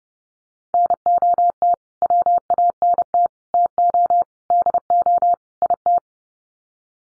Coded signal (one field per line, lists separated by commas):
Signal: Morse code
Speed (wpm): 30 wpm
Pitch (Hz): 700 Hz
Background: none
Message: NOT WANT TO DO IT